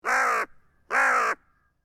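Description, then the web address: Crow giving two harsh, flat caws, each nearly half a second long, separated by a short pause, with nothing else heard. Two 'krah' calls. "Lynne Music 2 Bird-Crow-Krah-2-Times"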